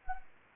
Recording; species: mosquito wingbeat signal from an infrared sensor; Anopheles gambiae